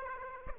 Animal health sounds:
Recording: mosquito wingbeat signal from an infrared sensor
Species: Aedes aegypti

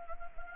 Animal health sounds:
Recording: mosquito wingbeat signal from an infrared sensor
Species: Anopheles gambiae

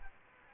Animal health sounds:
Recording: mosquito wingbeat signal from an infrared sensor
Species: Aedes aegypti

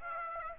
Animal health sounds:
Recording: mosquito wingbeat signal from an infrared sensor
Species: Aedes aegypti

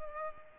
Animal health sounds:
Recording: mosquito wingbeat signal from an infrared sensor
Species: Culex pipiens

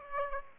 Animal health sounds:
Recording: mosquito wingbeat signal from an infrared sensor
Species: Aedes aegypti

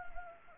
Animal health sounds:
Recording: mosquito wingbeat signal from an infrared sensor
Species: Anopheles gambiae

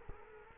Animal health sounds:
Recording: mosquito wingbeat signal from an infrared sensor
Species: Culex quinquefasciatus

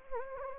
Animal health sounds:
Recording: mosquito wingbeat signal from an infrared sensor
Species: Anopheles gambiae

